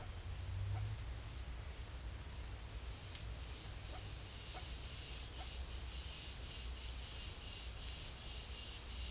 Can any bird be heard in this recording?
no